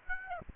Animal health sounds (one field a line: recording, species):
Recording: mosquito wingbeat signal from an infrared sensor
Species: Aedes aegypti